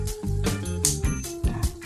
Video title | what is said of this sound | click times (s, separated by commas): Gundam Murah nan Berkualitas - Review HG Gundam RX-78-2 Revive ( INDONESIA ) | ini udah rapat, udah bunyi klik. | 0.9 s